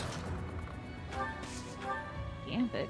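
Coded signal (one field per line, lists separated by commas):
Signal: none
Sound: video game sound beeps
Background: speech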